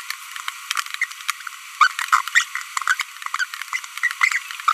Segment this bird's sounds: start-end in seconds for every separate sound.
1.02-1.04, 1.81-1.90, 2.13-2.21, 2.35-2.43, 2.88-2.94, 3.00-3.02, 3.73-3.76, 4.68-4.72